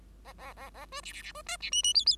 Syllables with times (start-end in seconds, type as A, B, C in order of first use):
0.24-0.33 A, 0.38-0.53 A, 0.56-0.70 A, 0.74-0.86 A, 0.91-1.01 B, 1.02-1.12 C, 1.12-1.22 C, 1.22-1.32 C, 1.34-1.42 B, 1.46-1.57 D, 1.60-1.70 C, 1.71-1.82 E, 1.83-1.94 E, 1.94-2.05 F, 2.06-2.16 F